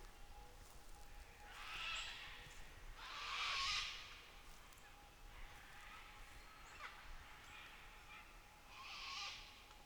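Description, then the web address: Cockatoo squawks: three harsh, noisy screeches spaced apart, the middle one loudest, over a faint steady background tone. Cockatoos in Nightcap National Park, Australia. "Les Cartes Postales Sonores NOISE ON EARTH Vol 7 AUSTRALIA Les Cartes Postales Sonores Cocatoes of Nightcap NP"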